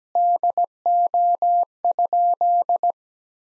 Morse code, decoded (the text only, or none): DO?